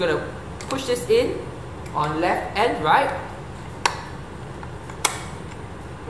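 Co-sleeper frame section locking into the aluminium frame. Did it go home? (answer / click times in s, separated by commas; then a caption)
yes / 3.9 s, 5.1 s. Someone talks while pushing a frame section of a Zibos Anta 5-in-1 baby co-sleeper in on the left and right sides to convert it to the crib form. Two sharp clicks ring out at 3.9 s and 5.1 s as the section locks into the aluminium frame and seats.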